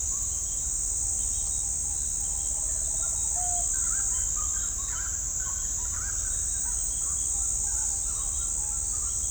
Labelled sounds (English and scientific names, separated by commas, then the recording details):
Tropical Screech-Owl (Megascops choliba), Gray-cowled Wood-Rail (Aramides cajaneus)
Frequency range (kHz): Tropical Screech-Owl (Megascops choliba) 0.5-1.0 kHz; Gray-cowled Wood-Rail (Aramides cajaneus) 0.6-2.1 kHz
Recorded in shrubland near Pivijay, Magdalena, Colombia, on 5 June 2023 at 04:30
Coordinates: 10.453, -74.365
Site P5-G022